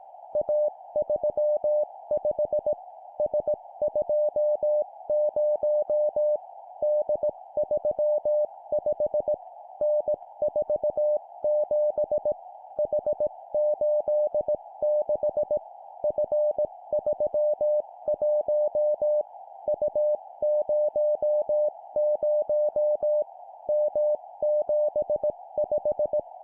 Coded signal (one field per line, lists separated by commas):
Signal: Morse code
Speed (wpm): 18 wpm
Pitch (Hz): 600 Hz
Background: music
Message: A35 S20 D35 N47 H86 F31 U00 M75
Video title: 17wpm Three letter words letter,number,number, cw morse code